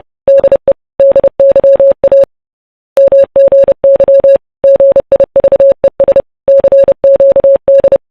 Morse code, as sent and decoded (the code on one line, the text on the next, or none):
-.. . / -.. -.-- .- / -- --. -.-- / --. .. ...- . ... / -.-. --.- -..
DE DYA MGY GIVES CQD